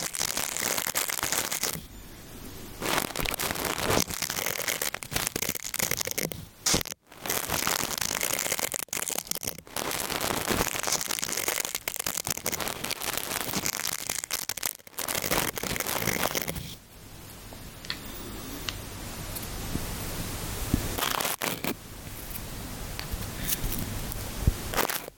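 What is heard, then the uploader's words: Dense scratching and rustling of ear cleaning with tissue and brushing, broken by brief silences near seven and fifteen seconds. ブラシASMR. ぞわぞわする耳かき. ティッシュでお掃除. Ear Cleaning/BRUSHING.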